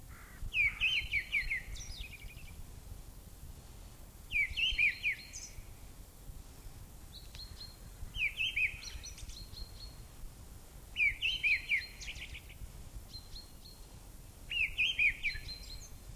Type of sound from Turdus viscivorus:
song